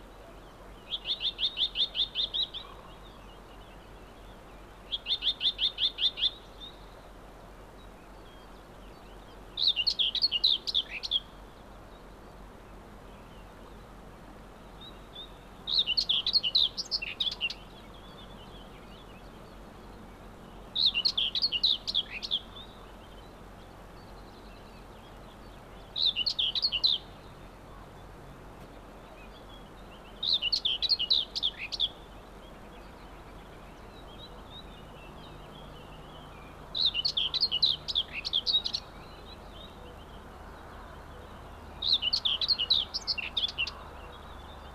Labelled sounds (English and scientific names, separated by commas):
Common Whitethroat (Sylvia communis) song